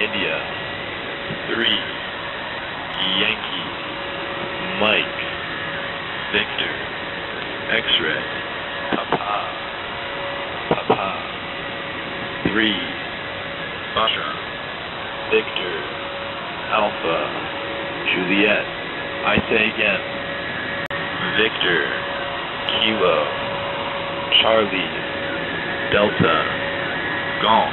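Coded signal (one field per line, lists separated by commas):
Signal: coded military voice message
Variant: Emergency Action Message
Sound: voice reading phonetic alphabet letters and numbers through shortwave hiss and whistling tones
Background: radio static, heterodyne whistles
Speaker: we'll listen to just a bit of traffic which was recently on the radio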